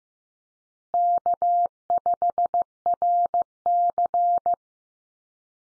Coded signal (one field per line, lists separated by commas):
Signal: Morse code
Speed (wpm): 15 wpm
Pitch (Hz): 700 Hz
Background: none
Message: K5RC